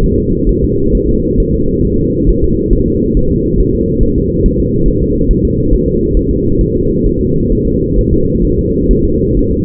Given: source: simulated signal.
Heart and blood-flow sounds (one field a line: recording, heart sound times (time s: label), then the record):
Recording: fetal heart sounds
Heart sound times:
0.04 s: S1
0.18 s: S2
0.49 s: S1
0.64 s: S2
0.95 s: S1
1.09 s: S2
1.40 s: S1
1.55 s: S2
1.85 s: S1
1.99 s: S2
2.29 s: S1
2.44 s: S2
2.73 s: S1
2.88 s: S2
3.17 s: S1
3.31 s: S2
3.60 s: S1
3.75 s: S2
4.03 s: S1
4.18 s: S2
4.46 s: S1
4.60 s: S2
4.88 s: S1
5.03 s: S2
5.31 s: S1
5.45 s: S2
5.73 s: S1
5.88 s: S2
6.17 s: S1
6.31 s: S2
6.61 s: S1
6.76 s: S2
7.06 s: S1
7.21 s: S2
7.52 s: S1
7.67 s: S2
7.99 s: S1
8.13 s: S2
8.45 s: S1
8.59 s: S2
8.91 s: S1
9.05 s: S2
9.37 s: S1
9.51 s: S2
From the record:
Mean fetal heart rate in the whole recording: 135 bpm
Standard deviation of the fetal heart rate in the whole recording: 3 bpm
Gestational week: 36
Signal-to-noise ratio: -15.3 dB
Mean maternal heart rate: 72 bpm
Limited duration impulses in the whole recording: present